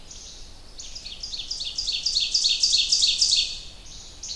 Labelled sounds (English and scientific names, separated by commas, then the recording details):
Ovenbird (Seiurus aurocapilla) song
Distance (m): 25 m
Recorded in boreal forest in Alberta, Canada, on 30 June 2016 at 05:12
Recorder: SongMeter 3, array SBT-6-79
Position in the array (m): 9 m, 95 m
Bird 40